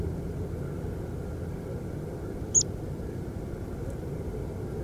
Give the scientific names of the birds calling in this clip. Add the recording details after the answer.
Anthus pratensis. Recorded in France